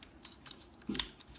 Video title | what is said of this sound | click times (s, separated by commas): Transformers Universe: Stormcloud (ASMR) | Make sure has a nice little click when it tabs in. | 1.0 s